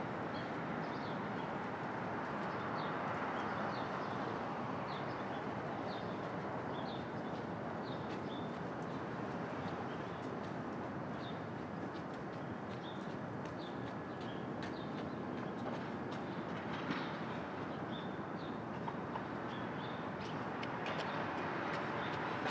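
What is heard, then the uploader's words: Brooklyn at dawn: a steady, unbroken roar of traffic and rail noise fills the low and middle range for the whole stretch. Short bird chirps repeat above it, clustered in the first half and again toward the end. Street Traffic.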